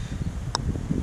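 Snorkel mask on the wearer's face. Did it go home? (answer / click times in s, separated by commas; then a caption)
released / 0.5 s. A silicone-skirted snorkel mask that has been pressed onto the wearer's face to form a suction seal is pulled away, and the seal breaks with a short, sharp pop at 0.5 s. The pop is heard over a steady low rumble of background noise, and the mask comes free of the face.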